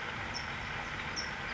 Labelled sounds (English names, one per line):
California Towhee